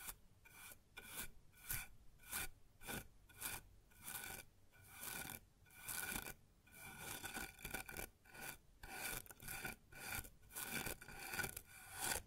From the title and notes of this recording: ASMR Sounds on Wooden Surface (No Talking).